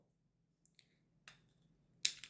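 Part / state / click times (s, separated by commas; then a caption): magazine into a firearm magazine well / seated / 2.1 s. A magazine is placed into a firearm's magazine well and slid in. Faint ticks and a brief scraping contact come first, then a sharp, bright click at 2.1 s, followed by a small tick. The magazine latches and is seated.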